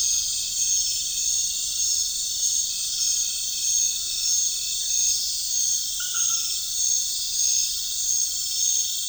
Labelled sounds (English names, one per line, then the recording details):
none
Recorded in pastures near Puerto Asís, Putumayo, Colombia, on 25 June 2025 at 19:30
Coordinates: 0.466, -76.322
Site GP07